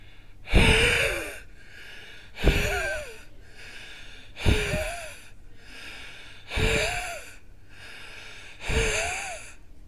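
Five noisy breaths in an adult, about two seconds apart, roughly 30 a minute, each carrying a musical, whistling tone that rises and falls in pitch. This is wheezing, the sound of air forced through narrowed airways.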